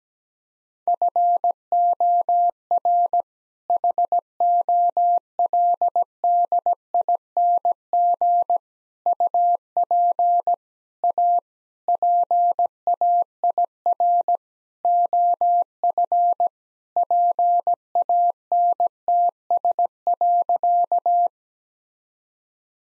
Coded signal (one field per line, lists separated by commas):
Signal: Morse code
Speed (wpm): 17 wpm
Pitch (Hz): 700 Hz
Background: none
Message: FOR HOLDING UP A PAIR OF PANTS.